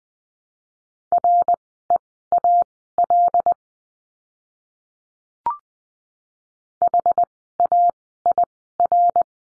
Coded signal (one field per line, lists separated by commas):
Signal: Morse code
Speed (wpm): 20 wpm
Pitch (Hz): 700 Hz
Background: none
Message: REAL HAIR